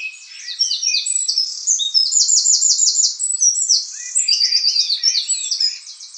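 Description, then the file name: Eurasian wren singing a loud, rapid high-pitched song of shrill notes and fast trills, running continuously throughout. "Troglodytes troglodytes"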